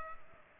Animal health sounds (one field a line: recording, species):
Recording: mosquito wingbeat signal from an infrared sensor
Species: Culex pipiens